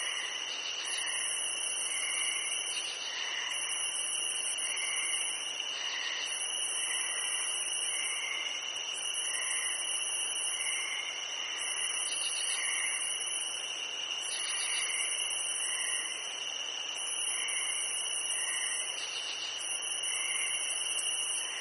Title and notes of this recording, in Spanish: Grillos Nocturnos. Canto de los grillos